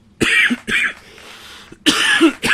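Four harsh, forceful coughs from an adult man in two quick pairs, with a quiet pause between; the cough has lasted about three days.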